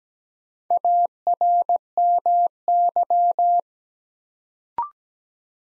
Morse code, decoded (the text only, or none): ARMY